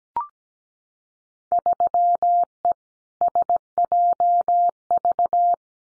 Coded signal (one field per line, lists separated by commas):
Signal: Morse code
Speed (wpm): 17 wpm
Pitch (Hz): 700 Hz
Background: none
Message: 3E SJV